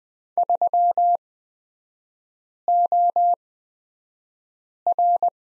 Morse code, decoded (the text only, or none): 3OR